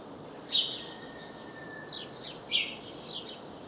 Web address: SETE data Passer domesticus